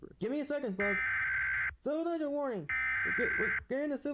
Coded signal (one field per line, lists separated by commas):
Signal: Emergency Alert System (SAME) tones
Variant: header bursts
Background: speech